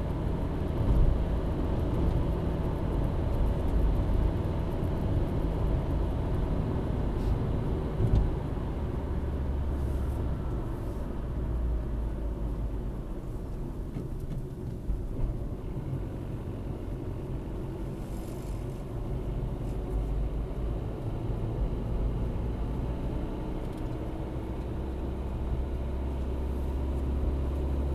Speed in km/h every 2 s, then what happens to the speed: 85, 85, 83, 80, 67, 58, 39, 33, 36, 40, 45, 46, 49, 51.
0-13 brakes to 33. 13-28 speeds up to 51.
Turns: none.